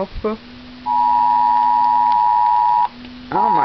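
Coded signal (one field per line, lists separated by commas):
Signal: Emergency Alert System (SAME) tones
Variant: 853 and 960 Hz attention tone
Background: speech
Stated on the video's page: Nationwide Emergency Alert System test received on five phones.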